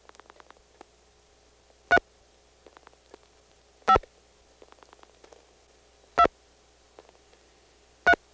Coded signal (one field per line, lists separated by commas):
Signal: DTMF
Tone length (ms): 70 ms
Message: 3 5 2 3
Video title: Dialing Those Mysterious "1xx" and "0xx" Codes, 1974-1980